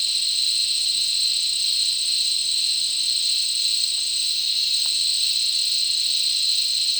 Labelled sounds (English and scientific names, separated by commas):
none